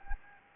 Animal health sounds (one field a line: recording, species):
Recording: mosquito wingbeat signal from an infrared sensor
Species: Anopheles gambiae